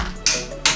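A torque wrench is tightened on the second lug nut of a wheel and clicks at its set torque. Two sharp clicks are heard at 0.3 s and 0.7 s, confirming the nut has reached its torque setting.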